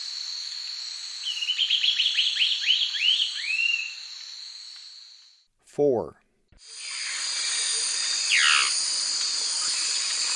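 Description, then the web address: Lunulated antbird giving a quick series of high arched whistles over a loud insect hiss, with a short unrelated sound midway. Recorded in the eastern lowlands of South America. "Natures Songs S America Eastern Lowlands. Lunulated Antbird"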